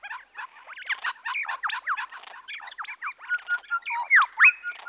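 Birds giving a dense jumble of chirps and whistled slurs.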